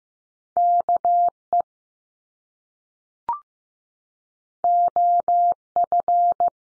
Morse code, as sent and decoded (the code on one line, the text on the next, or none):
-.- / . / --- / ..-.
K E O F